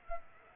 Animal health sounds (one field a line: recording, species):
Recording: mosquito wingbeat signal from an infrared sensor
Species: Culex pipiens